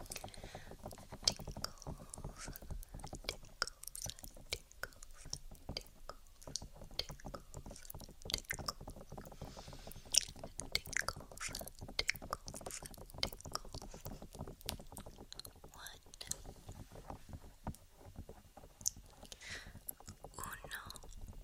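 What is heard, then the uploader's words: Ear tapping, dry, with dense irregular taps and thumps landing several times a second across the whole stretch. Each tap is short and muffled with a soft knocking low end, and occasional louder, brighter hits stand out, such as near the one-second mark. ASMR Counting From English To Spanish For Sleep (Ear Tapping).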